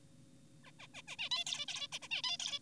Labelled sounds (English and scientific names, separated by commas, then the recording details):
Zebra Finch (Taeniopygia guttata)
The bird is an adult
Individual g4p5U